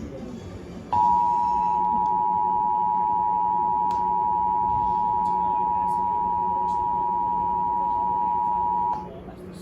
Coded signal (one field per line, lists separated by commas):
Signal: Emergency Alert System (SAME) tones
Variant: 853 and 960 Hz attention tone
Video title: This is Not Slight (EAS# 100-120) [Re-Uploaded]